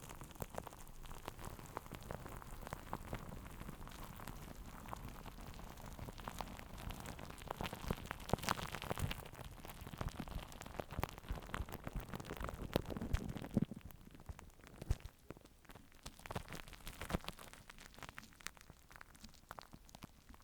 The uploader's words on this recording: ASMR Plastic Wrap On The Microphone.